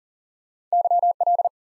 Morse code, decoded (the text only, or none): YL